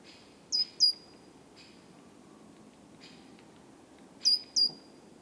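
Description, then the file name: Great tit calls: two pairs of sharp, high, downslurred notes a few seconds apart, with fainter clicks between them over low background noise. "Parus major"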